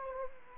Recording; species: mosquito wingbeat signal from an infrared sensor; Anopheles gambiae